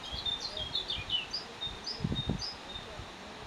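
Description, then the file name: Eurasian blackcap delivering quick warbled phrases of varied whistled notes, then a few thinner notes, with soft low rustling underneath. "Sylvia atricapilla"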